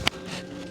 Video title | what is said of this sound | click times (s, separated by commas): WORLD'S FIRST Bambu Lab Store IN THE WORLD! 3D Printing Heaven | They just snap into place. | 0.1 s